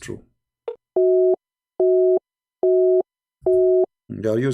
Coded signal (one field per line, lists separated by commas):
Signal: none